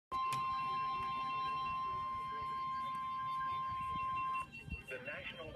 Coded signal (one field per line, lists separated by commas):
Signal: Emergency Alert System (SAME) tones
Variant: 1050 Hz attention tone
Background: speech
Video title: Severe Thunderstorm Watch (EAS #44) 7/13/16 w/ SPCSchereville8089 and NorthernIllinoisEAS267